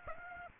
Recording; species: mosquito wingbeat signal from an infrared sensor; Aedes aegypti